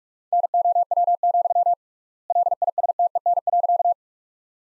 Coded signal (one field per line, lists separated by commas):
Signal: Morse code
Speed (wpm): 46 wpm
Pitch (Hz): 700 Hz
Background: none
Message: NOW, LISTEN.